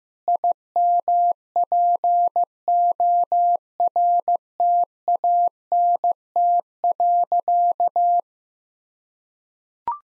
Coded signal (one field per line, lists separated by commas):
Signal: Morse code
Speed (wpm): 15 wpm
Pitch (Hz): 700 Hz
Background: none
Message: IMPORTANT.